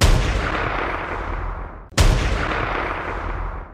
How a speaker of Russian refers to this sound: Едва двое угловых высунулись, как их срезали одиночными выстрелами.